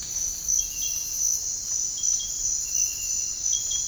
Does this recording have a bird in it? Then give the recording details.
no. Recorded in dense forest near Puerto Asís, Putumayo, Colombia, on 21 March 2025 at 06:30. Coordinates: 0.485, -76.318. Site G056